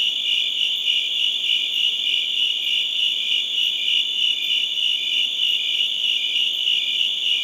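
Cricket trilling, a bright unbroken high tone beating about three times a second throughout.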